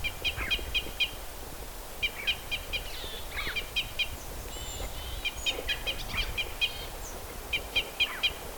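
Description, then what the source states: Red Crossbill calls, rapid sharp kip notes in clusters, mixed with other chirps and slurred notes, over low environmental noise. Red Crossbill Type E; excitement calls (ECs).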